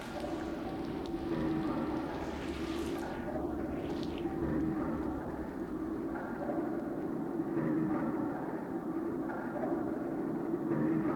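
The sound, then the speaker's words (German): Steady rumbling rail traffic noise at a tram station with a low hum, and a brief rising and falling metallic squeal early on, like a tram's wheels or brakes, with no voices. “Nach der Uhr gesehen am Straßenbahnhof.”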